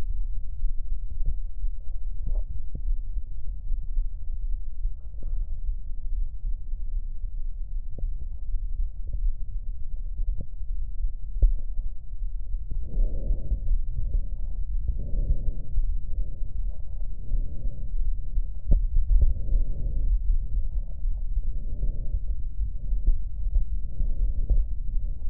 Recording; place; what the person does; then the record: lung sounds by stethoscope; left posterior apical chest; quiet breathing, then deep breathing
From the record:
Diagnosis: none (healthy); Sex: male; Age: 29 years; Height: 180 cm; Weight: 100 kg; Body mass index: 30.9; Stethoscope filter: extended mode